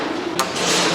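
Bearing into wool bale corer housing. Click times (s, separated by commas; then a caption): 0.4 s. A new bearing is squeezed and pressed into the housing of a wool bale corer over a steady broadband background noise. A single sharp click at 0.4 s marks the bearing seating in the housing, after which the steady noise grows slightly brighter.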